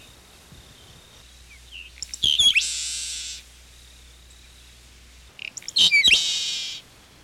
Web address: 101 Bird Songs. Seaside Sparrow